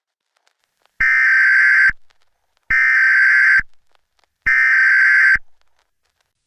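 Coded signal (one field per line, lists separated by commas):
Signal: Emergency Alert System (SAME) tones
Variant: header bursts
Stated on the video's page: Fictional alien invasion emergency alert scenario set in 2055.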